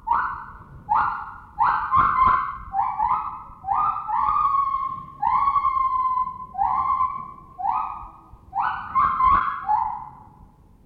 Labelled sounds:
Lar Gibbon (Hylobates lar)
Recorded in captivity
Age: adult
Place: Zoo Prag, CZ
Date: 1966-03-01
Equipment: Telefunken Magnetophon 300, Transistorverstärker I, TD 300
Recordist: Wolff, D

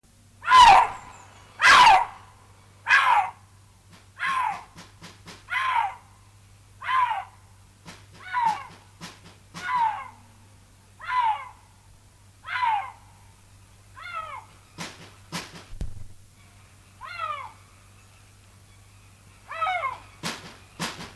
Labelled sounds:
Eurasian Lynx (Lynx lynx) call
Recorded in captivity
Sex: male
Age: adult
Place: Zoo Rostock, Mecklenburg-Vorpommern, DE
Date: 1984-02-04 13:21
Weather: overcast, 3-6°C
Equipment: Nagra SN, Kopie Uher 4000 Report Monitor
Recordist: Tembrock, Günter

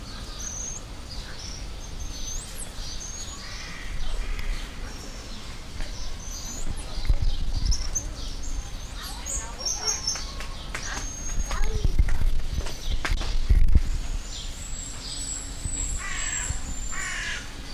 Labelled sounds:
Black-mantled Tamarin (Saguinus nigricollis)
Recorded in captivity
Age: adult
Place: Zoo Berlin, Berlin, DE
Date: 1998-06-20 13:30
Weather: wolkig - heiter, 22°C
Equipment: Sony MD-WM MZ-R3, Sennheiser ME 80, Kopie Uher 4000 Report Monitor
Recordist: Tembrock, Günter

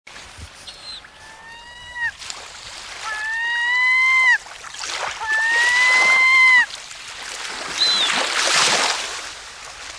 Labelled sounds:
European Herring Gull (Larus argentatus) call
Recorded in the wild
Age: adult
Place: Heringsdorf, Insel Usedom, Mecklenburg-Vorpommern, DE
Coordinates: 53.9569, 14.1542
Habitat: beach (Baltic Sea)
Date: 1983-09-18 17:37
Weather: sunny, 17°C
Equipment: Nagra SN, Sennheiser MKH 416 T, Kopie Uher 4000 Report Monitor
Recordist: Tembrock, Günter

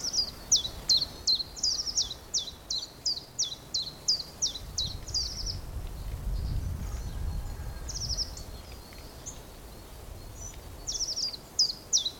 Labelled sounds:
Common Chiffchaff (Phylloscopus collybita)
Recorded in the wild
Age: adult
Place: Mühlenbeck, am Tegeler Fließ, Brandenburg, DE
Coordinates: 52.6, 13.282
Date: 1992-04-11 11:35
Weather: heiter, 14°C, Wind
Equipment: Nagra SN, Mikrofon AKG CK 8, Kopie Tesla B 116
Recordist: Tembrock, Günter

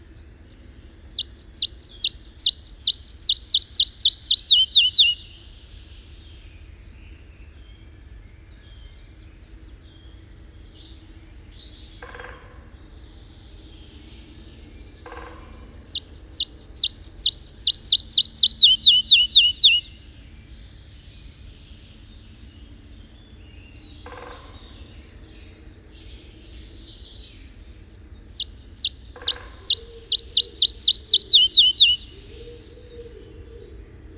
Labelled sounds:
Red-breasted Flycatcher (Ficedula parva) song
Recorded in the wild
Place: Sassnitz, Insel Rügen, Mecklenburg-Vorpommern, DE
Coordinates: 54.516, 13.633
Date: 1975-05-19
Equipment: Nagra III BH, Sennheiser MD 21, parabola
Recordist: Schubert, Michael
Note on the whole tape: Gesang eines Zwergschnäppers

